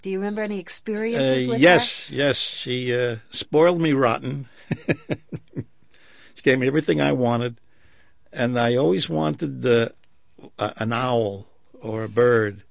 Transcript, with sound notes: Do you remember any experiences with her?
Uh, yes, yes. She spoiled me rotten. ( he laughs ) She gave me everything I wanted. And I always wanted an owl or a bird,